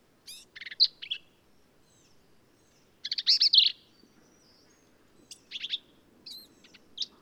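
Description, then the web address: Black-capped vireo song of scattered harsh, chattering phrases and squeaky notes with short gaps, over faint background noise. "birdsongforthecurious songs Black-capped Vireo"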